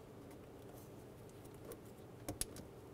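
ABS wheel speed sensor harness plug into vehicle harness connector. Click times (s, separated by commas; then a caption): 2.4 s. The lower plug of a new front ABS wheel speed sensor harness on a 2003–2008 Honda Pilot is pushed into the upper body-side vehicle harness connector. Over a low steady background there is a short sharp click at 2.4 s as the plug latches and seats.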